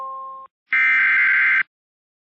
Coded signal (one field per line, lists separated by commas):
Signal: Emergency Alert System (SAME) tones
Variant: header bursts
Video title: Special Marine Warning: Gulf Of Mexico EAS #1 RARE